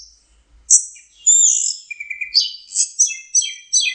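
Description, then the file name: Orange-headed thrush song opens with a sharp high note and a long whistle. Quick, varied twittering phrases follow. Masteran song used for training kept birds. "suara masteran anis merah"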